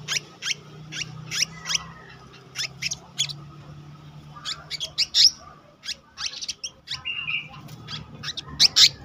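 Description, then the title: Selendang biru songbird singing a lively run of sharp, high chirps and squeaky trills in quick bursts, with a steady low hum underneath. Continuous rolling song in the gacor ngeroll style, with isian (fill-in phrases). "BURUNG SELENDANG BIRU GACOR NGEROLL ISIAN"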